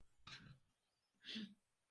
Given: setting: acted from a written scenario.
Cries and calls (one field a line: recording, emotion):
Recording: vocal sound without words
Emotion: sadness